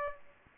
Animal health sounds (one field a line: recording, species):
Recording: mosquito wingbeat signal from an infrared sensor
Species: Aedes aegypti